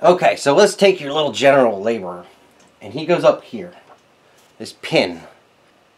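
A sewing machine bobbin is handled and brought toward the bobbin-winder pin, where it is meant to lock into place. Someone talks throughout, with pauses between phrases. Nothing has seated or clicked yet.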